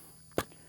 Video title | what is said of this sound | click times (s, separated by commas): CAA MCK Micro Conversion Kit - Sig P320 | we push this forward until that locks into place | 0.4 s